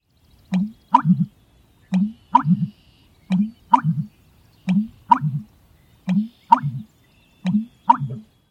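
American bittern giving deep gulping three-part pumping notes, each unit repeated roughly every one and a half seconds, six times in a row, with no other clear sounds.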